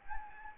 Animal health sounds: mosquito wingbeat signal from an infrared sensor; Anopheles gambiae

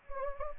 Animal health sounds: mosquito wingbeat signal from an infrared sensor; Anopheles gambiae

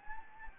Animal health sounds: mosquito wingbeat signal from an infrared sensor; Anopheles gambiae

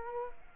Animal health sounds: mosquito wingbeat signal from an infrared sensor; Culex quinquefasciatus

